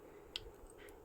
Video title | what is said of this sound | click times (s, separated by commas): invisible chain making/diy #raw material also avl # imitation jewellery #freshwater pearls | lock అయిపోతుంది ఇది అసలు ఇంకా కదలదండి మీ | 0.4 s